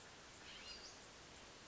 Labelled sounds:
Western Flycatcher (Empidonax difficilis)
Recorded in Sonoma County, California

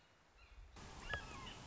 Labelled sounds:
Red-shouldered Hawk (Buteo lineatus)
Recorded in Sonoma County, California

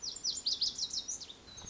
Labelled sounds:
Lazuli Bunting (Passerina amoena)
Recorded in Sonoma County, California

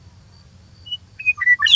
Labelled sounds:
Western Meadowlark (Sturnella neglecta)
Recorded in Sonoma County, California

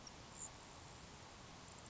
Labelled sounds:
Grasshopper Sparrow (Ammodramus savannarum)
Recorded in Sonoma County, California

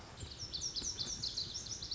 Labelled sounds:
Lazuli Bunting (Passerina amoena)
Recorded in Sonoma County, California

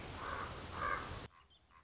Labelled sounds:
Common Raven (Corvus corax)
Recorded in Sonoma County, California

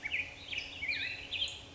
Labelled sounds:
Warbling Vireo (Vireo gilvus)
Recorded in Sonoma County, California

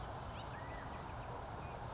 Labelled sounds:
California Quail (Callipepla californica)
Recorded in Sonoma County, California

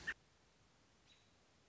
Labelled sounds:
American Robin (Turdus migratorius)
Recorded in Sonoma County, California

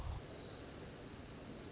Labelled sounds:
Orange-crowned Warbler (Leiothlypis celata)
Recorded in Sonoma County, California

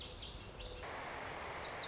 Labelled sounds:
Lazuli Bunting (Passerina amoena)
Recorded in Sonoma County, California

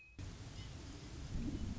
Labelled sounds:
Western Meadowlark (Sturnella neglecta)
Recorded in Sonoma County, California

